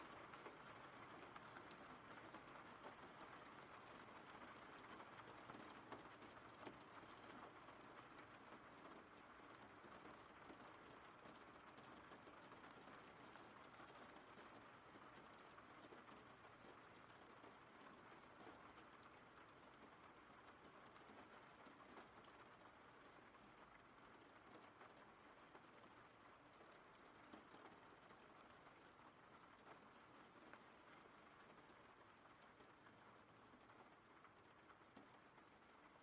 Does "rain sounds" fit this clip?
yes